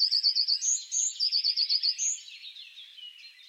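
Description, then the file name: Eurasian blue tit with a rapid, even trill broken by a few higher whistled notes, fading into a background of chirping birds. "Cyanistes caeruleus"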